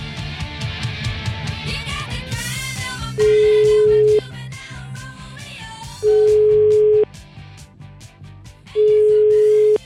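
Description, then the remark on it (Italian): An outgoing phone call's ringback tone as Radio 24 calls someone: three long, steady mid-pitched beeps, each about a second, repeating every few seconds over a busy musical backing. “Comunque, io proverei a fargli una telefonata anche per sapere, che ne so, per esempio, che squadra tifa, no?”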